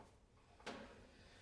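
A disconnected wiring harness plug inside a washing machine is pushed back into its socket. After a soft tap at 0.6 s, a sharp click at 0.7 s marks the plug seating, followed by quiet background noise.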